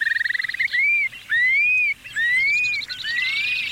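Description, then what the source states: Long-billed curlew song: a quick bubbling trill, then several clear whistles that slur upward. Male in spring flight display over grasslands in the Great Basin and Great Plains; flies up with rapidly beating wings, glides down, calling as he goes.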